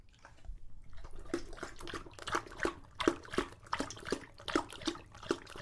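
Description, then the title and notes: English Bulldog lapping water in a brisk, even series of wet slurps after a brief quiet start. Male English Bulldog named Lucho drinking water from a bowl after a long walk, breathing heavily between drinks, out of breath from the walk and from drinking so long. "English Bulldog Drinks from Water Bowl - Weird Sounds. listen to Lucho the English Bulldog as he tries to drink water after a long walk. Don't let his heavy breathing fool you in between drinks, he's equally out of breath from the walk"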